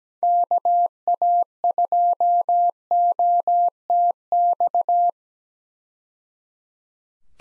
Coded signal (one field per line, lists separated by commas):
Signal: Morse code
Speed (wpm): 17 wpm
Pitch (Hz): 700 Hz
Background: none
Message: KA2OTX